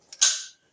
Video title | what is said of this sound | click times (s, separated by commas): Triumph Trident T160 Rebuild. Part 45: Fitting the Outer gearbox Cover | Ah, there we go, here it click. | 0.2 s